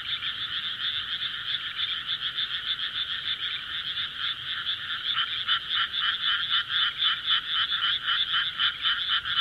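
Frog calling in fast, rattling pulsed trains that run almost continuously, growing louder and more clearly pulsed in the second half.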